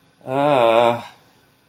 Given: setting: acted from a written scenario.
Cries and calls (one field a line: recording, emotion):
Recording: vocal sound without words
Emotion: embarrassment